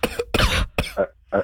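A quick run of about four or five sharp, harsh cough bursts from an adult, coughing close into a microphone indoors, all within under two seconds. The longest is a rough, rattling middle burst; the rest are short and explosive. It is an ordinary repeated cough.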